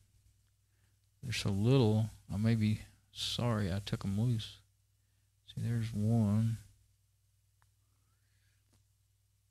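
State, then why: Seated. A small snap-fit plastic part is pressed back onto an Alcatel A845L mobile phone during reassembly after it got wet and was torn down to dry out. Someone talks over a low hum. After the talk, a faint click at 7.6 s marks the part snapping into place.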